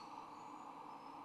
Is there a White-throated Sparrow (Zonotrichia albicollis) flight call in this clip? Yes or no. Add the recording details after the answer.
no. No flight call is heard. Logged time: 02:22 on 26 November 2014